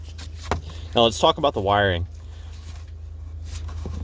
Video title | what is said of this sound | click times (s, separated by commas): 2012 Jeep Liberty Stop Light Switch Replacement, Brake Light Fuses & Circuit Explained | and you rotate it counterclockwise, and it will lock into place. | 0.5 s